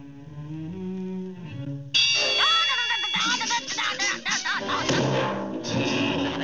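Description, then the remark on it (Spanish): After a soft tonal musical passage, a bell suddenly rings out with a loud, bright clang, followed by several seconds of busy, ringing, clattering noise that stays loud to the end. “Es que cuando oigo una campana le tiro golpes a todo.”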